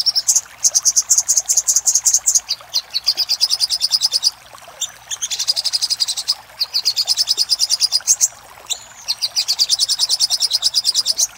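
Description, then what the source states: Little spiderhunter singing long rapid trills of high, piercing notes, broken by brief gaps and a short inflected note near the end. Master recording for training cage birds, titled Sogok Ontong Labaik.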